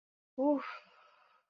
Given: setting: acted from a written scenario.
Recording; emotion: vocal sound without words; ecstasy